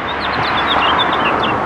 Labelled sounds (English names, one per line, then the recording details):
House Finch song
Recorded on Long Island, New York, on 18 June 2012
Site BA
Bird C